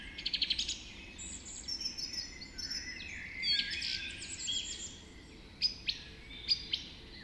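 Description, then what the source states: Birds in a dawn chorus, several high songs overlapping, with a quick run of sharp repeated notes at the start and bright bursts of chirps near the end. Dawn chorus recorded just after dawn in the Forest of Dean.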